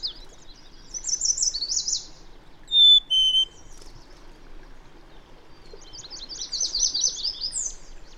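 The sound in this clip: Bird song with high, buzzy trilled phrases at the start and end, broken midway by two clear, pure whistled notes in quick succession.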